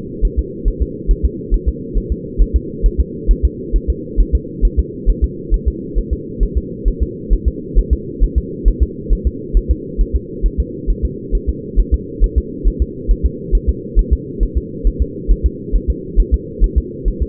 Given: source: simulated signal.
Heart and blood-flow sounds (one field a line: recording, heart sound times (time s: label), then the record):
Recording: fetal heart sounds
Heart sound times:
0.25 s: S1
0.39 s: S2
0.68 s: S1
0.82 s: S2
1.11 s: S1
1.25 s: S2
1.54 s: S1
1.68 s: S2
1.98 s: S1
2.12 s: S2
2.41 s: S1
2.56 s: S2
2.86 s: S1
3.00 s: S2
3.31 s: S1
3.45 s: S2
3.76 s: S1
3.90 s: S2
4.21 s: S1
4.35 s: S2
4.65 s: S1
4.79 s: S2
5.09 s: S1
5.24 s: S2
5.54 s: S1
5.68 s: S2
5.98 s: S1
6.13 s: S2
6.43 s: S1
6.57 s: S2
6.88 s: S1
7.03 s: S2
7.33 s: S1
7.48 s: S2
7.79 s: S1
7.93 s: S2
8.24 s: S1
8.38 s: S2
8.68 s: S1
8.83 s: S2
9.13 s: S1
9.27 s: S2
9.57 s: S1
9.71 s: S2
10.01 s: S1
10.16 s: S2
10.46 s: S1
10.60 s: S2
10.90 s: S1
11.05 s: S2
11.35 s: S1
11.49 s: S2
11.80 s: S1
11.94 s: S2
12.24 s: S1
12.38 s: S2
12.68 s: S1
12.82 s: S2
13.11 s: S1
13.26 s: S2
13.55 s: S1
13.69 s: S2
13.99 s: S1
14.13 s: S2
14.43 s: S1
14.57 s: S2
14.87 s: S1
15.02 s: S2
15.31 s: S1
15.46 s: S2
15.76 s: S1
15.90 s: S2
16.20 s: S1
16.34 s: S2
16.64 s: S1
16.78 s: S2
17.08 s: S1
17.22 s: S2
From the record:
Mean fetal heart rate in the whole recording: 135 bpm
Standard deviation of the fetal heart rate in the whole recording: 3 bpm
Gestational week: 36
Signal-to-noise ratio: -4.1 dB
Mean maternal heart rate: no maternal heart sound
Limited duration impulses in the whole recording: absent